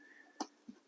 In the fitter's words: and then slide it in and it'll click into place